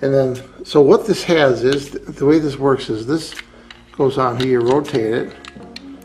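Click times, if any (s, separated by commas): none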